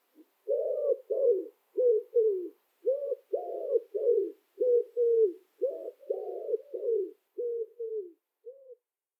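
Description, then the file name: Common wood pigeon song: deep, muffled coos in rhythmic phrases repeated steadily, with no other sounds. "chant pigeon ramier"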